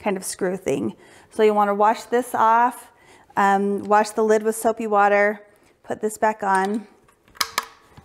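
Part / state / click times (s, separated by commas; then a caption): anti-block shield cover onto the pressure cooker lid / seated / 7.4 s, 7.6 s. Someone talks while a small silver metal anti-block shield (cover), which keeps foaming oats out of the valve, is pushed back onto the underside of an Instant Pot Rio Chef Series pressure cooker lid. Two sharp snaps are heard at 7.4 s and 7.6 s as the shield seats into place.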